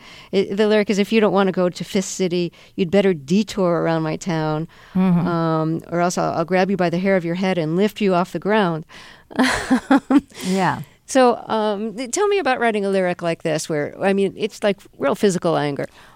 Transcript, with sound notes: The lyric is - if you don't want to go to Fist City, you'd better detour around my town...
Mm-hmm.
...Or else I'll grab you by the hair of your head and lift you off the ground (laughter).
Yeah.
So tell me about writing a lyric like this where, I mean, it's, like, real physical anger.